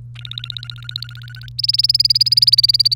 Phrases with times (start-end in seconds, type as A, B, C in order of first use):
0.15-1.49 A, 1.58-2.94 B